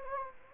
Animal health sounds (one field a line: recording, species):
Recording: mosquito wingbeat signal from an infrared sensor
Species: Anopheles gambiae